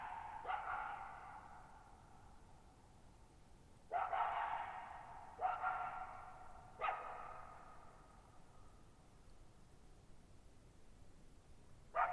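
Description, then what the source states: Coyote uttering sharp barks spaced a second or more apart, each followed by a lingering echo fading slowly into quiet. Lone coyote at night, July 14, 2019, Thirtymile Meadows, Okanogan National Forest, Okanogan High Country, Pacific Northwest, 6400 ft (1950 m); shallow bowl-shaped meadow forming a natural amphitheater with very long reverberation.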